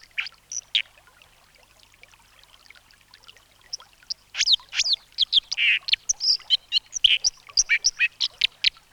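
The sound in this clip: Dipper calls: sparse sharp high chirps at first, then a rapid busy run of bright notes through the second half.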